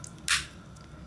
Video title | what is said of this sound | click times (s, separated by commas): Neo N003 hands on review | can hear that it clicks nicely into position | 0.0 s